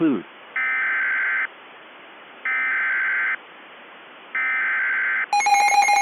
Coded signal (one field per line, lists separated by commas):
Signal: Emergency Alert System (SAME) tones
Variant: header bursts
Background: speech